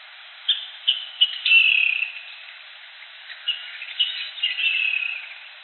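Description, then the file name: Rail calling with a few short sharp notes, then a descending rattling call, the pattern given twice in quick succession. "rall"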